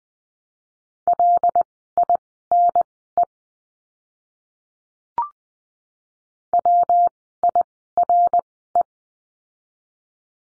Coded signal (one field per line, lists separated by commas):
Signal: Morse code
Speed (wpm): 20 wpm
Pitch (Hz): 700 Hz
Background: none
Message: LINE WIRE